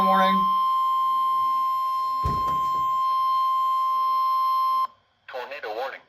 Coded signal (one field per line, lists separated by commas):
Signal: Emergency Alert System (SAME) tones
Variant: 1050 Hz attention tone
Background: speech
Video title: Extreme Calamity II: Flash Flood Madness! EAS Alerts from 7/16/2026 (EAS 581-651)